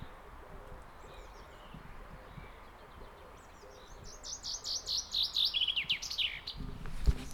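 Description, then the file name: Common chaffinch song: a run of bright notes from about four seconds, stepping down in pitch, with a low thump near the very end. "Zieba"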